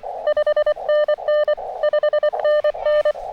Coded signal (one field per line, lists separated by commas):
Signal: Morse code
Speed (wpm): 24 wpm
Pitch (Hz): 600 Hz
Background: none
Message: 5NN 5NN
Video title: Finally....a little POTA now that the weather is cooperating!